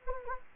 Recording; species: mosquito wingbeat signal from an infrared sensor; Anopheles gambiae